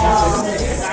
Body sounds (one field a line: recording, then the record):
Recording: background sound without coughing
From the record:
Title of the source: Nightlife Party Simulating Party Club Noise 1 Hour